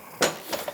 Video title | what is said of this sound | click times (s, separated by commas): Mercury Tracker 40 HP 2-Stroke Engine Build - Mercury Tracker 2-Stroke Engine Rebuild - Boats.net | it's that satisfying click. | 0.2 s